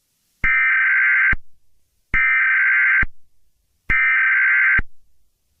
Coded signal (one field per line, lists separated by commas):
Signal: Emergency Alert System (SAME) tones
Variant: header bursts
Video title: Eas Scenario 016 - Dr. Seuss On The Loose